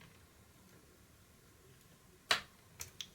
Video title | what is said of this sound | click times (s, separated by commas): tuto comment démonter un pc portable gamer ?? | Hop, j'ai entendu le premier clips. | 2.3 s